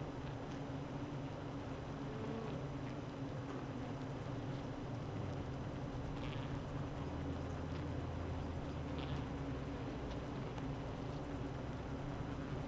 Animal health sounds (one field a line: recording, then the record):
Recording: honeybee colony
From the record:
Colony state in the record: active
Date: 12 June 2018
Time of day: 8:39